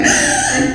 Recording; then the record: squeal of a Yucatan mini pig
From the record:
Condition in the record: before surgery on the right vocal fold (resection and tissue-engineered implant); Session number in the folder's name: 3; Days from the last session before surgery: 0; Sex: female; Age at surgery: 19 weeks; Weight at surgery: 25 kg